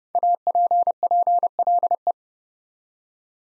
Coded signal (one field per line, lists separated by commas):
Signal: Morse code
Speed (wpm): 30 wpm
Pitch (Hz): 700 Hz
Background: none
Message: APPLE